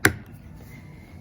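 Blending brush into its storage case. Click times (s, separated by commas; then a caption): 0.0 s. An ergonomic ink blending brush is pressed into its plastic storage case and snaps in with one sharp click at 0.1 s, followed by quiet low room noise. The brush is seated in the case and holds in place without falling out.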